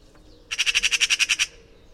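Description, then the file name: Eurasian magpie giving a short harsh chatter, about ten rapid rasping notes in one second, then quiet. "Pica pica"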